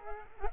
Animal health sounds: mosquito wingbeat signal from an infrared sensor; Culex quinquefasciatus

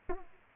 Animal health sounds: mosquito wingbeat signal from an infrared sensor; Aedes aegypti

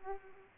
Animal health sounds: mosquito wingbeat signal from an infrared sensor; Culex pipiens

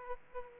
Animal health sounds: mosquito wingbeat signal from an infrared sensor; Aedes aegypti

